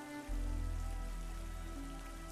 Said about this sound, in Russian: Просто на улице дождь и мрак